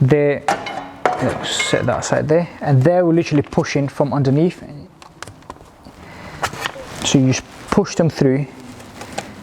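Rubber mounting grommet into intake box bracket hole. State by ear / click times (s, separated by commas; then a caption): seated / 9.2 s. Someone talks while a rubber mounting grommet for an Audi RS3 8V intake box is pushed through the bracket's mounting hole from underneath, with a few small handling clicks and knocks along the way. At 9.2 s there is a short, sharp click as the grommet locks into place.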